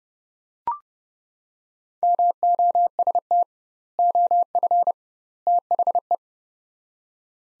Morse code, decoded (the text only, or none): MOST OF THE